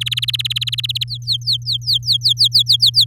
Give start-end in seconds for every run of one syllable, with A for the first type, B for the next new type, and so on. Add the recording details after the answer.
0.01-1.04 A, 1.08-3.05 B. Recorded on 8 May 2018 at 10:29. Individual llb16